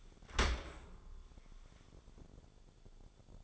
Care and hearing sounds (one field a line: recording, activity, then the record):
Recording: daily activity, microphone in the room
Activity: open dishwasher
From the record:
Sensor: 5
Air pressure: 1015.0 hPa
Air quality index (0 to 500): 129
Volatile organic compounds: 3 ppm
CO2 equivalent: 1392 ppm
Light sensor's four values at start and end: 38/90/37/40 and 37/89/36/40